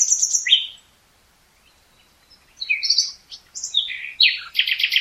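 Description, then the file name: Common nightingale singing varied phrases of high whistled notes and harsh rattles, with a short pause between bursts. "Luscinia megarhynchos"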